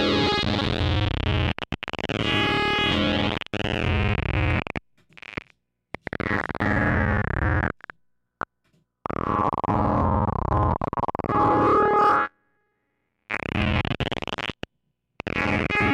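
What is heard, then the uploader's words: Square-wave tones in choppy bursts, buzzy and bright, with sweeping pitches, abrupt cutoffs and silent gaps near five, eight and thirteen seconds. Playing with Square Waves. Modules used: Bastl ABC mixer, Befaco Rampage, Even VCO, Pico RND, Make Noise Maths, Morphagene, 0-coast, Ornament and Crime, Zlob SVF, Diode Chaos, Mutable Instruments Clouds.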